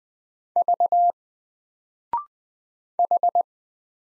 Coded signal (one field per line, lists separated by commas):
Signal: Morse code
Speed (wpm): 20 wpm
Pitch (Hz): 700 Hz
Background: none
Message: V H